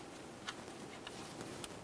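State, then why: Not seated. Wiring harness connector being handled at the new crankshaft position sensor on a 1998-2011 Ford Ranger 2.3L L4, before it is pressed on until it latches. Faint handling ticks are heard around 0.5 s, 1.1 s, 1.4 s and 1.6 s over a steady background. Nothing has seated or clicked yet.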